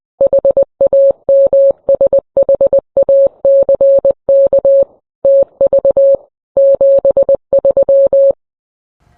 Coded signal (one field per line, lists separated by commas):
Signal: Morse code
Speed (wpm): 20 wpm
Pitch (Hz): 550 Hz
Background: none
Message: HAMSHACK TV 73